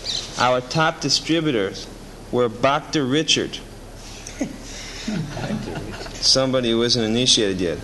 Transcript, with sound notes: Our top distributor were Bhakta Richard..." [laughter] Somebody who isn't initiated yet.